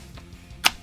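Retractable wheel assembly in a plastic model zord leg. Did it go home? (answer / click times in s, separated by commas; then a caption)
yes / 0.7 s. Someone moves the wheels of a plastic Triceratops zord model between their retracted and extended positions, working the retractable wheel assembly in the model's leg. A faint tick is heard at 0.2 s. A sharp, bright click at 0.7 s follows as the retraction mechanism clicks into position, tight and secure.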